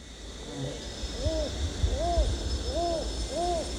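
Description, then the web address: White-crowned hornbill giving a faint note, then four soft, arched hoots under a second apart, over low rumbling noise and a high insect drone. Danum, Borneo, 1 April 2006. "DANUM 20060401. white-crowned hornbill"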